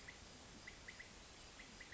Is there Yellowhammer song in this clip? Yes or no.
no